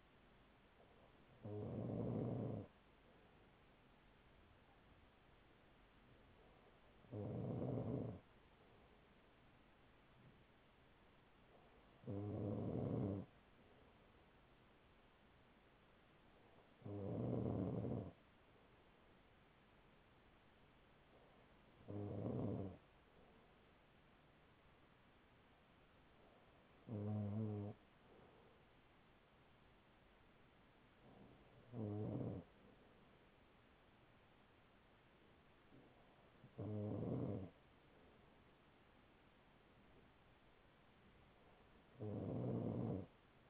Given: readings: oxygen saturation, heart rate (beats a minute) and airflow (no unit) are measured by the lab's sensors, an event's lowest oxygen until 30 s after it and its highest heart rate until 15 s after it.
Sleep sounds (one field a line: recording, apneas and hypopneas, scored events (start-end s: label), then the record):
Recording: breathing in sleep by a voice recorder at the bedside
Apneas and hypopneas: none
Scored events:
none scored
From the record:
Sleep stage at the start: N2 (light sleep)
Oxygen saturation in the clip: 95 to 96%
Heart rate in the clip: 41 to 43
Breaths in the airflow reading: 8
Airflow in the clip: -5.5 to 4.6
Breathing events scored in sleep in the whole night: 207 in 7.6 hours asleep